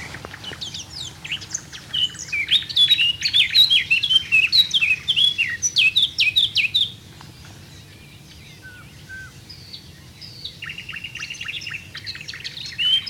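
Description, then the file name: Eurasian blackcap song: a fast, rich warble of varied chirps and slurred notes for about six seconds, then quieter scattered notes and a rapid run of short repeated notes. "Sylvia atricapilla"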